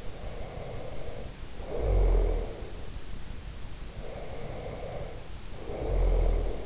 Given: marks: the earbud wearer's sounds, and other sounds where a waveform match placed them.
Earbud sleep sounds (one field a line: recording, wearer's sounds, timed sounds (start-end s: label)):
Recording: sounds in sleep by an in-ear microphone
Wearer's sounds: breath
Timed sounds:
0.00-2.98 s: breath
3.86-6.66 s: breath